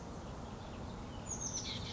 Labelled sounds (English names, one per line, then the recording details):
Oak Titmouse
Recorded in Sonoma County, California